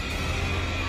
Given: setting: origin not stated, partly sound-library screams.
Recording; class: one-second piece from a danger detection set; woman in danger